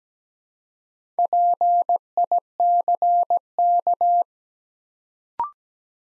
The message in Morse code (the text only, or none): PICK